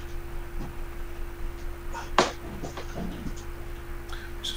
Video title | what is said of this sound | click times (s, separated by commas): YouTube Model Builders Presents "INTO THE LOCOMOTIVE SHOP" live chat for October 18, 2017. | this just gonna push down and you'll hear your he'll to click don't you hear the click you know you're on now | 2.2 s